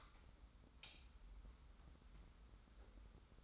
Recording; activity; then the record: daily activity, microphone in the room; light on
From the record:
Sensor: 3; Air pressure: 991.0 hPa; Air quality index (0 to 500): 115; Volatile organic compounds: 73 ppm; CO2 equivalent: 3550 ppm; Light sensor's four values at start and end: 36/86/34/32 and 39/95/38/36